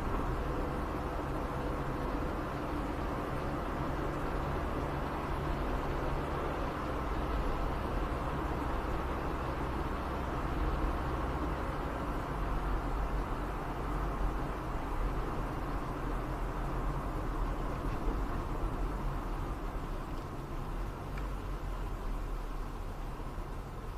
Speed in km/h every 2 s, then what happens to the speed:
67, 63, 60, 60, 60, 62, 64, 66, 68, 70, 71, 73.
0-4 slows to 60. 4-9 steady at about 60. 9-24 speeds up to 73.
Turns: none.